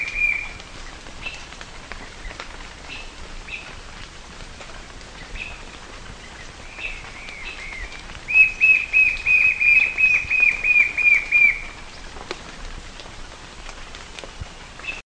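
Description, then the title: White-shouldered fire-eye song: about a dozen loud, evenly spaced whistled notes on one pitch over three seconds, with faint scattered notes before. "LuckyPassaro Completos2Sama. White-shouldered Fire-eye (Pyriglena leucoptera)"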